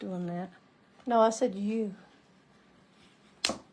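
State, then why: Seated. A plastic KAM-style snap cap and socket are pressed together through the fabric of a car trash can with a snap press while someone talks. A single sharp snap sounds at 3.5 s as the cap seats into the socket, and the snap is confirmed good.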